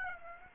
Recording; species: mosquito wingbeat signal from an infrared sensor; Aedes aegypti